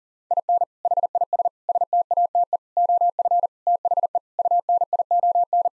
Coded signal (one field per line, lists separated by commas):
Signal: Morse code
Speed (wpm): 40 wpm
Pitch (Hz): 700 Hz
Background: none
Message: IN HIS STATE OF THE UNION